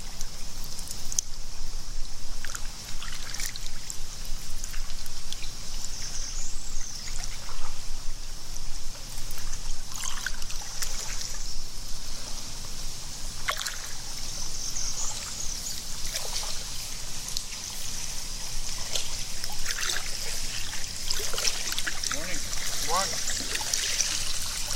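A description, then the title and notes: Water trickles and splashes steadily around a kayak, with bright hiss throughout, scattered drips, and a few faint bird chirps. ASMR Kayak, Bird Chirping, Water Splash, Nature Sounds, Outdoor Binaural.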